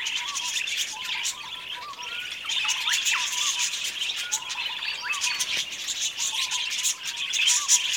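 Budgerigars keep up a constant chattering, busy clicky twittering with occasional brief whistled notes, the din swelling and easing throughout.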